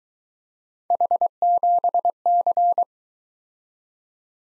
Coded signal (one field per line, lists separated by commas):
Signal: Morse code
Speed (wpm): 22 wpm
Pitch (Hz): 700 Hz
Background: none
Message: H7C